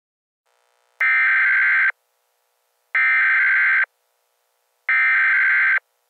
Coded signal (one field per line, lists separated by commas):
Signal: Emergency Alert System (SAME) tones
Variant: header bursts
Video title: EAS Scenario - Titan Kitty